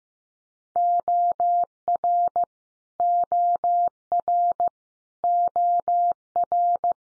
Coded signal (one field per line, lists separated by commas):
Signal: Morse code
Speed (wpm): 15 wpm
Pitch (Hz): 700 Hz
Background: none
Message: OR OR OR